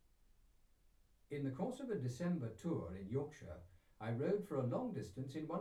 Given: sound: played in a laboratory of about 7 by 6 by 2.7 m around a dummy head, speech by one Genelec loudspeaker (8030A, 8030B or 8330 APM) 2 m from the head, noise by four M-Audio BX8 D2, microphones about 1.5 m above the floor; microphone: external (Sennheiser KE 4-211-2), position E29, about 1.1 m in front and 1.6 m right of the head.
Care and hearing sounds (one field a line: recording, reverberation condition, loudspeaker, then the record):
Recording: male speech in English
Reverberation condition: low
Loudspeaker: 150 degrees to the right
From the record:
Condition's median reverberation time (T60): about 310 ms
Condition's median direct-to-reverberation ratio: about 3.5 dB